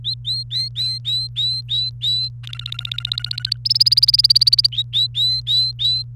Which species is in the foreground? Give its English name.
Domestic Canary